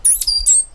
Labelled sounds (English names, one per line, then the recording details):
Stitchbird song
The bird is a male
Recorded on Tiritiri Matangi Island, New Zealand, in 2005
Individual 8, of nest box 10